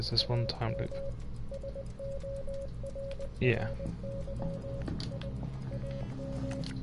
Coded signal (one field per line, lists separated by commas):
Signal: Morse code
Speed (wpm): 20 wpm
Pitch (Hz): 550 Hz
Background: speech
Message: AM SORRY I AM